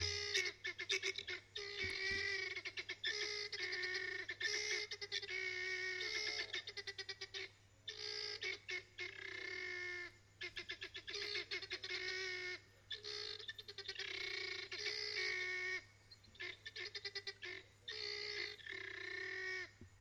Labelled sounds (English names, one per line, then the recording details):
Helmeted Guineafowl
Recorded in northern Uganda